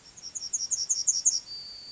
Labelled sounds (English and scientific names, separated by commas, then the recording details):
Yellowhammer (Emberiza citrinella) song
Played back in grassland
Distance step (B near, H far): C
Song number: 026